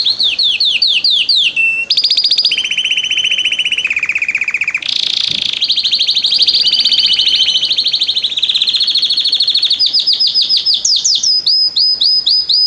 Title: Esquente Seu Filhote E Canario Belga Macho Cantando Muito